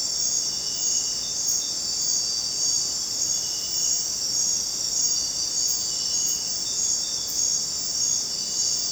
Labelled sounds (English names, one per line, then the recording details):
none
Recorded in dense forest near Puerto Asís, Putumayo, Colombia, on 23 June 2025 at 20:30
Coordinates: 0.484, -76.317
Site G045